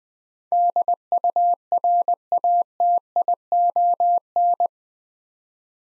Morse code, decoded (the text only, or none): DURATION